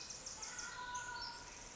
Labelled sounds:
Pacific Wren (Troglodytes pacificus)
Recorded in Sonoma County, California

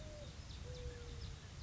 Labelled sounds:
Mourning Dove (Zenaida macroura)
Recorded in Sonoma County, California

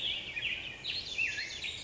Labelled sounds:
Black-headed Grosbeak (Pheucticus melanocephalus)
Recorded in Sonoma County, California

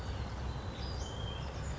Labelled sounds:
Western Flycatcher (Empidonax difficilis)
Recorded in Sonoma County, California

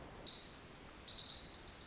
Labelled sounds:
Pacific Wren (Troglodytes pacificus)
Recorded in Sonoma County, California

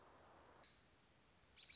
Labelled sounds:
American Robin (Turdus migratorius)
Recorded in Sonoma County, California

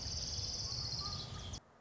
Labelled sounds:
Orange-crowned Warbler (Leiothlypis celata)
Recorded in Sonoma County, California

